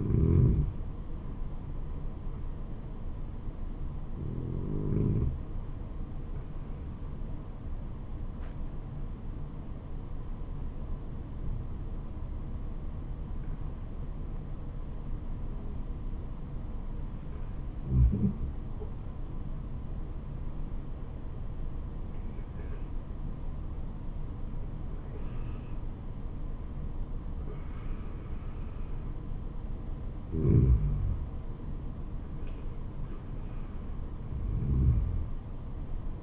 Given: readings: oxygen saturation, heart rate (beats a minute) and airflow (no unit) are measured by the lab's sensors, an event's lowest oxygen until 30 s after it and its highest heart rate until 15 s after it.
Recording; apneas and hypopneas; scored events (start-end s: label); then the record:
breathing in sleep by a smartphone at the bedside; 1
4.00-21.20 s: hypopnea (N1, oxygen 96% highest, then 89% lowest, heart rate 72 at the start, 79 highest)
From the record:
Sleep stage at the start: N1 (lightest sleep); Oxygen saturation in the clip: 90 to 96%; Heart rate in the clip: 67 to 79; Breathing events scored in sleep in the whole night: 426 in 7.4 hours asleep